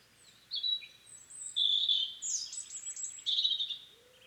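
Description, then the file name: European robin song: a run of clear, high whistled and warbled notes in short bursts, shifting pitch continually across four seconds. "Erithacus rubecula"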